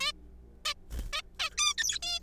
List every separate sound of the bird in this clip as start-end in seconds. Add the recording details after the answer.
0.01-0.12, 0.65-0.74, 1.13-1.21, 1.40-1.50, 1.58-1.74, 1.78-1.98, 2.03-2.19. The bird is a juvenile. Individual R3428